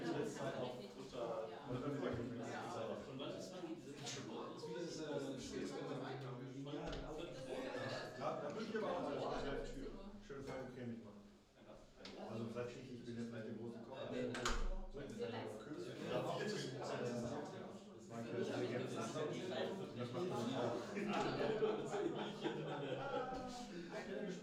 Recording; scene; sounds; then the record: everyday scene through a hearing-aid microphone; many people talking; many voices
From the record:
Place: bistro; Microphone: in the ear canal, left